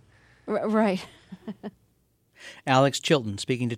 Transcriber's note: soundbite of laughter